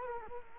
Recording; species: mosquito wingbeat signal from an infrared sensor; Culex quinquefasciatus